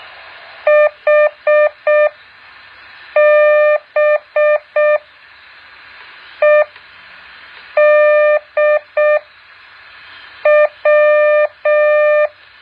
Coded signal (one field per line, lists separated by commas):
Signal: Morse code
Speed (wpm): 6 wpm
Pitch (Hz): 600 Hz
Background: none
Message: HBEDW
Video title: แบบฝึกหัด Morse code 7.1